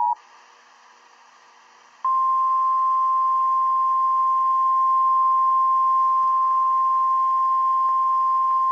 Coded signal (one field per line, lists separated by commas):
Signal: Emergency Alert System (SAME) tones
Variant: 853 and 960 Hz attention tone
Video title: the Same EAS 333 But a cutout